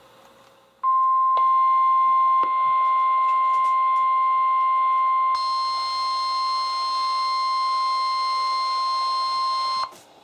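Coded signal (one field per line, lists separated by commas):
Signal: Emergency Alert System (SAME) tones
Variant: 1050 Hz attention tone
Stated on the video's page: Gale Warnings from NOAA Weather Radio KHB36 with a rare 1050 Hz alert tone, received on several weather radios.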